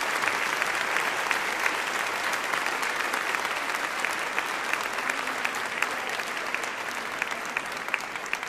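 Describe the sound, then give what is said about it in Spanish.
Sustained applause from an audience in Puebla welcoming Father Ángel Espinosa de los Monteros at a conference, a dense, steady patter of many hands clapping at even loudness throughout, with no voices standing out above it. “Que oiga el aplauso, ¿verdad? Ahí está.”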